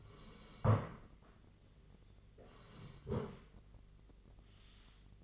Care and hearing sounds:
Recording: daily activity, microphone in the room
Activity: sit down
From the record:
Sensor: 4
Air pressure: 1013.1 hPa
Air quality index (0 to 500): 174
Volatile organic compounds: 2 ppm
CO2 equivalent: 1100 ppm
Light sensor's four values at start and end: 49/121/51/55 and 49/121/51/55

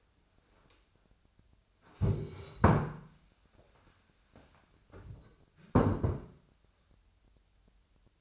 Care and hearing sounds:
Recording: daily activity, microphone in the room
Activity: stand up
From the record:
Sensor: 2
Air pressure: 1015.1 hPa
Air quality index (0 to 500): 163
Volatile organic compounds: 8 ppm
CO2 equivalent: 2119 ppm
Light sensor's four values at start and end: 12/33/13/14 and 12/33/13/14

